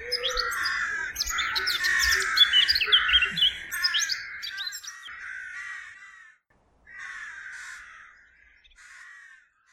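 Birds calling in a busy chorus of chirps and twitters for about four seconds with a low rumble beneath, then thinner scattered calls with short pauses.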